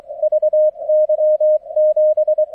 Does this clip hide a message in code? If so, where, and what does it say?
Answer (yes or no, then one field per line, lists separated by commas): yes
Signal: Morse code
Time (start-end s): 0.2-2.4 s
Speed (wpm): 23 wpm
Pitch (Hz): 620 Hz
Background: none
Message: VY 7